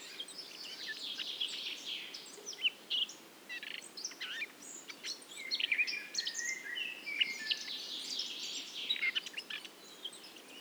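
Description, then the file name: Eurasian blackcap song: a rich, fast warble of varied chattering and fluty notes in bursts throughout, with brief pauses between phrases over a soft background hiss. "Sylvia atricapilla"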